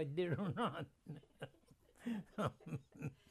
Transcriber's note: laughing